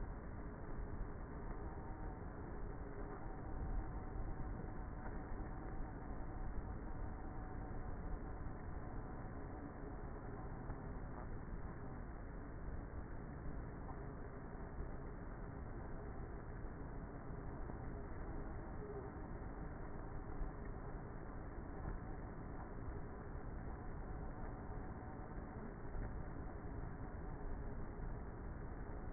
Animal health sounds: honeybee colony, microphone inside the hive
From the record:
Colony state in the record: queenless with a low population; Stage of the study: before two queens were removed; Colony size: about 30,000 bees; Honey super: no

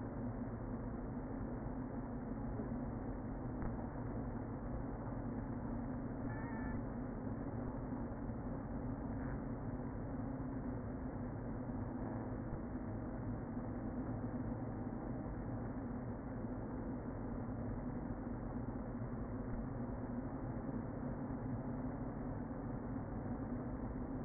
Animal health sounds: honeybee colony, microphone inside the hive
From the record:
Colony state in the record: queen present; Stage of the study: before two queens were removed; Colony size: about 60,000 bees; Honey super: yes

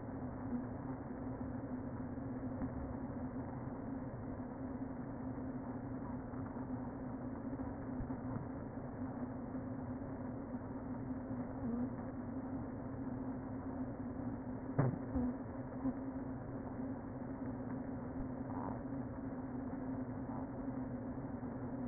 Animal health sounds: honeybee colony, microphone inside the hive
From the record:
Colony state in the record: queen present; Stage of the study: before two queens were removed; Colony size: about 60,000 bees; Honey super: yes

